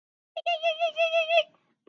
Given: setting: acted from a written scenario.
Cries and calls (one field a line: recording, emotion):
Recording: vocal sound without words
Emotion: elation